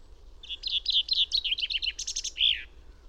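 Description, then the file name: Common chaffinch song, crisp descending phrases of repeated notes, a fast rattle, then a closing flourish, heard cleanly over faint low noise. "Fringilla coelebs"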